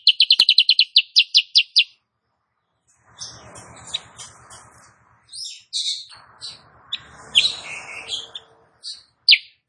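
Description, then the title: Sooty-headed bulbul song opening with a rapid rattle of about ten bright high notes, then a busy jumble of scratchy chirps, buzzes and sharp whistles. Female singing energetically (gacor), used to train birds; said to get a Cucak Kurincang singing along. "Masteran Kutilang Sutra. KUTILANG SUTRA BETINA GACOR bikin Cucak Kurincang ikutan GACOR"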